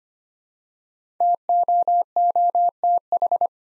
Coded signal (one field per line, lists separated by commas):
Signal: Morse code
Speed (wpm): 25 wpm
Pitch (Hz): 700 Hz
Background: none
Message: TOOTH